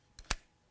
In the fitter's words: right you'll hear that snap as it mounts in